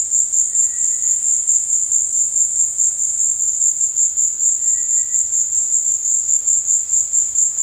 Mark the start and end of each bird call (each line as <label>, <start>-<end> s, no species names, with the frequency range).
bird call (1.1-2.7 kHz), 0.47-1.40 s
bird call (1.5-2.4 kHz), 4.53-5.40 s